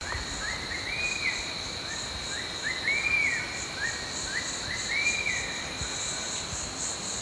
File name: Spizaetus tyrannus - Black Hawk-Eagle